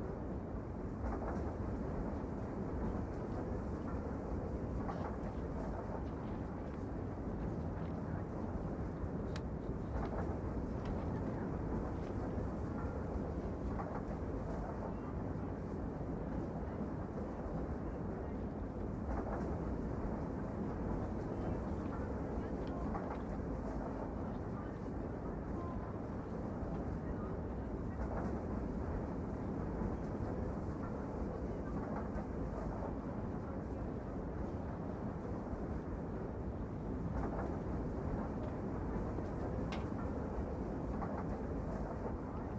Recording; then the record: background sound without coughing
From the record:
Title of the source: Train Ride Ambience ambient white noise for sleeping, focus, studying, reading